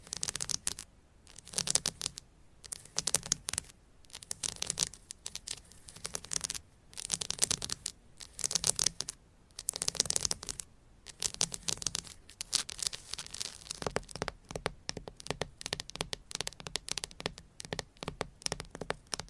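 Fast, aggressive tapping and scratching with nails on assorted items, a dense run of sharp, bright clicks and rasps. The bursts come in quick clusters with brief gaps roughly every second, growing busier and more continuous after about fourteen seconds.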